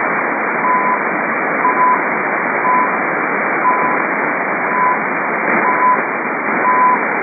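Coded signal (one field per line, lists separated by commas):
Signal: radio time signal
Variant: CHU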